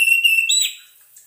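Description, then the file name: Orange-headed thrush song: a short clear whistled phrase with a steady note then a quick rising flourish, fading into quiet hiss. Played as a lure sound to keep a bird from getting stressed. "suara pancingan burung anis merah agar tidak stress"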